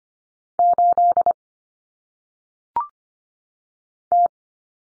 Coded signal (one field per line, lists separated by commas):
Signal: Morse code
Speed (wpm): 25 wpm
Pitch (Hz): 700 Hz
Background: none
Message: 8 T